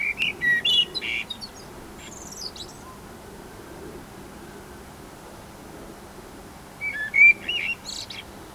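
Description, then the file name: Common blackbird singing: two phrases of fluty whistles, each run into a thin high squeaky twitter, separated by a pause of several seconds. "Turdus merula"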